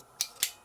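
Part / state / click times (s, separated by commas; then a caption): utility blade into utility knife blade holder / seated / 0.2 s, 0.4 s. A replaceable blackened steel Meepo utility blade is pushed into the blade holder of an old tactical utility knife, giving two sharp, bright clicks at 0.2 s and 0.4 s over a faint background hiss. The blade seats and locks in, holding firm when pulled on.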